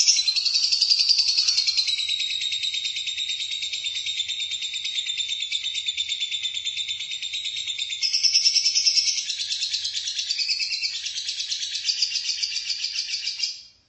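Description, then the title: Lovebird song, a loud continuous shrill chatter of fast buzzy pulses lasting many seconds before stopping abruptly. "Suara Burung Lovebird"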